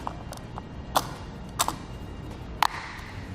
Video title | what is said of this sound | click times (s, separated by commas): etrailer - Yakima JetStream Crossbars Installation - 2016 Acura MDX | click it into place | 2.6 s